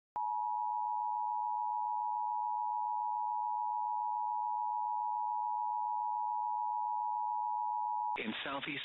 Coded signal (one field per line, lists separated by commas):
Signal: Emergency Alert System (SAME) tones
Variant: 853 and 960 Hz attention tone